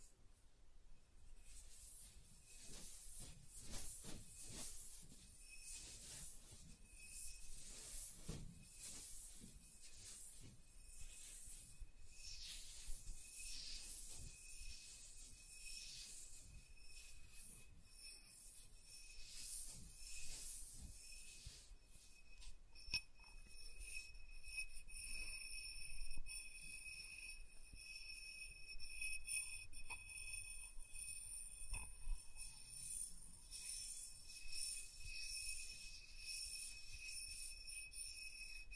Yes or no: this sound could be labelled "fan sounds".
no